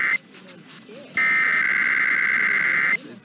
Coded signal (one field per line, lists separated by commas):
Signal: Emergency Alert System (SAME) tones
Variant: header bursts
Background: speech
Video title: Usual Sunday Weekly Tests (EAS #13894-13898) 11/12/23